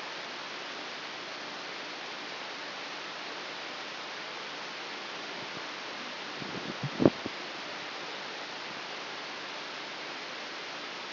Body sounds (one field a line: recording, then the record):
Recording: brain microelectrode recording played as sound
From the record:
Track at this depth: inside the subthalamic nucleus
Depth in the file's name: 3.498 mm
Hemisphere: left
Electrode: 3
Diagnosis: Parkinson's disease